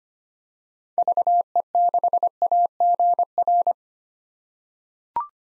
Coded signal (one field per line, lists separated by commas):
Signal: Morse code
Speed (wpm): 25 wpm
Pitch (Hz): 700 Hz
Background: none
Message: VE6AGR